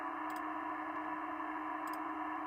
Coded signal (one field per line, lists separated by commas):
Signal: PSK31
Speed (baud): 31.25 baud